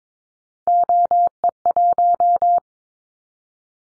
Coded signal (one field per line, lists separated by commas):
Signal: Morse code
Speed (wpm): 22 wpm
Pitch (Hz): 700 Hz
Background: none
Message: OE1